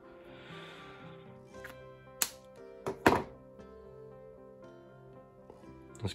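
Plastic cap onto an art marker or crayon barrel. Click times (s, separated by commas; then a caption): 2.2 s, 3.1 s. Plastic caps are pushed back onto art markers or crayons after swatching colours. Two sharp snaps are heard at about 2.2 s and 3.1 s, with a softer tap at about 2.9 s, over quiet background music. Both caps seat securely with an audible snap.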